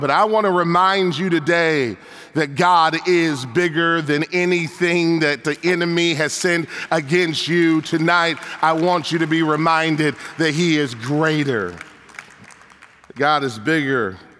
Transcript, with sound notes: But I want to remind you today that God is bigger than anything that the enemy has sent against you tonight. (applause) I want you to be reminded that He is greater, that God is bigger,